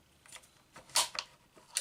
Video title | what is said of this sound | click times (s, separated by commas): IWI Tavor SAR | you hear that snap and that | 1.0 s